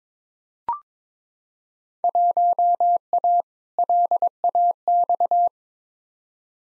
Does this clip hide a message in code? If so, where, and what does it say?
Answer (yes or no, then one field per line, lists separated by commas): yes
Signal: Morse code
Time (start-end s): 2.0-5.5 s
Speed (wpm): 22 wpm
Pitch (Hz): 700 Hz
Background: none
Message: 1A LAX